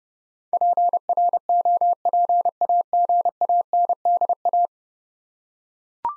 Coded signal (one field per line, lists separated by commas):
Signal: Morse code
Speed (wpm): 32 wpm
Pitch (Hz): 700 Hz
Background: none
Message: PROPAGANDA